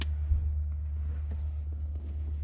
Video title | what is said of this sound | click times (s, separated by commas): 1997 Toyota Tacoma Shift bushing replacement | So, I'm just going to push down and turn to the left. And you guys are going to hear it click. | 0.0 s